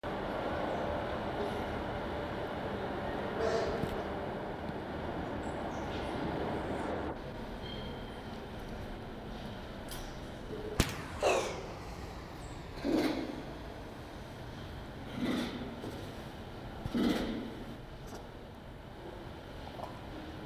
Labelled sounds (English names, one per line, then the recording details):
Tiger
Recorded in captivity
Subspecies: tigirs
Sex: diverse
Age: diverse
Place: Tierpark Berlin, Berlin, DE
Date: 1968-01-13
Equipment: R 20/1, Sennheiser MD 421
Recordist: Tembrock, Günter